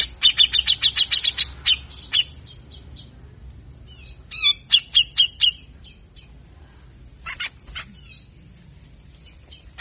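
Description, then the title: Grey-cheeked bulbul giving short bursts of quick, grating chatter with quiet gaps between them and a few sharp single notes near the end. Training recording for songbirds featuring full, vigorous singing with harsh rapid bursts (besetan kasar), long duration, intended to lure birds and stimulate reluctant cucak jenggot to sing. "MASTERAN CUCAK JENGGOT GACOR FULL BESETAN KASAR DURASI PANJANG !!!. Cucak Jenggot Gacor Ngotot Ampuh Pikat Suara Cucak Jenggot Malas Bunyi"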